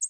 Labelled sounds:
American Redstart flight call

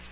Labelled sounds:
Black-throated Green Warbler flight call

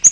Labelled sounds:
Yellow-rumped Warbler flight call

